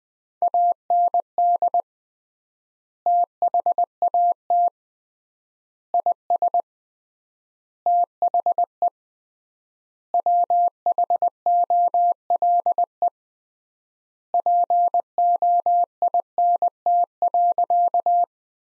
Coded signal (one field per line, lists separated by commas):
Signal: Morse code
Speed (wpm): 21 wpm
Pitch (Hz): 700 Hz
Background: none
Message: AND THAT IS THE WHOLE POINT.